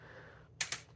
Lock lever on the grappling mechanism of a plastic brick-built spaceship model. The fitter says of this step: and it locks in place right so the idea is it can come down